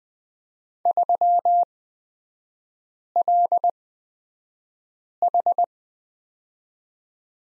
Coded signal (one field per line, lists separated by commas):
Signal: Morse code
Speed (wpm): 20 wpm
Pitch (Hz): 700 Hz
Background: none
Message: 3LH